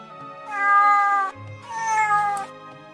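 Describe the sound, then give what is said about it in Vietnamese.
Two long, drawn-out meows from two plump sand cats rubbing against a person's legs with squinted eyes, each steady and bright in pitch with rich harmonics, separated by a brief pause. The cries are fairly loud and there is no talking. “Khiến Hà Ninh ngạc nhiên là hai con mèo cát tròn vo thế nhưng chủ động lại gần y, dùng thân mình cọ cọ chân y, híp mắt phát ra tiếng kêu mèo mèo.”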